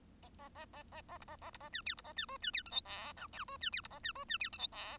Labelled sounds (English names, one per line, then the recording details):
Bengalese Finch song
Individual Bird1